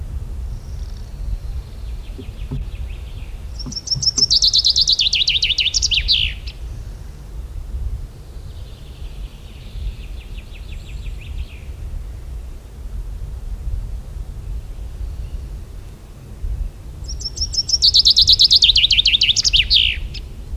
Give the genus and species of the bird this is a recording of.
Fringilla coelebs